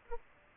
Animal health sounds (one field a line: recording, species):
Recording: mosquito wingbeat signal from an infrared sensor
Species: Aedes aegypti